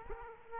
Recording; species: mosquito wingbeat signal from an infrared sensor; Aedes aegypti